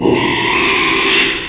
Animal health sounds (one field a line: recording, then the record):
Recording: squeal of a Yucatan mini pig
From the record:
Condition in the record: after surgery on the right vocal fold (resection and tissue-engineered implant)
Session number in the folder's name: 1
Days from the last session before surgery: 6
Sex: male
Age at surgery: 12 weeks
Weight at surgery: 13 kg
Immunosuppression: cyclosporine, prednisolone